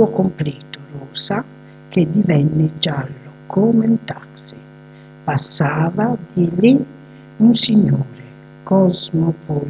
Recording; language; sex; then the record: read passage; Italian; female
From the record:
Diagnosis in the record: healthy control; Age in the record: 62 years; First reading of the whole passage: 101 s, 4.7 characters per second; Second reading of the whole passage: 77 s, 5.9 characters per second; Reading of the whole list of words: 66 s, 3.9 characters per second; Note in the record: marked for poor recording quality or reading difficulty